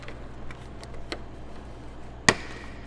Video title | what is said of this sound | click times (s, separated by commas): Installing Porsche OEM Door Straps on 991.1 GT3RS | pops right in easier on the way in than on the way out definitely | 2.3 s